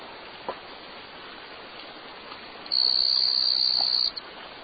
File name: Andinobates geminisae